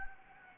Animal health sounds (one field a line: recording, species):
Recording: mosquito wingbeat signal from an infrared sensor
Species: Anopheles gambiae